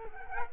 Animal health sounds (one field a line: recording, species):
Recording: mosquito wingbeat signal from an infrared sensor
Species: Culex quinquefasciatus